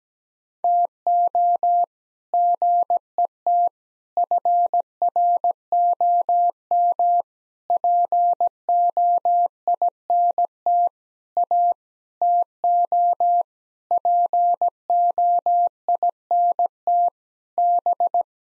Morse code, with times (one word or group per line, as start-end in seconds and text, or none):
0.6-1.8 TO
2.3-3.7 GET
4.2-7.2 FROM
7.7-10.9 POINT
11.4-11.7 A
12.2-13.4 TO
13.9-17.1 POINT
17.6-18.2 B